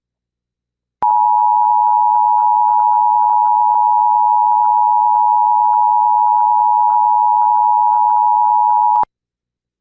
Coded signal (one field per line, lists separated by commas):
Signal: Emergency Alert System (SAME) tones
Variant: 853 and 960 Hz attention tone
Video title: Severe Thunderstorm Warning on TV! (EAS #733) - 4/26/2025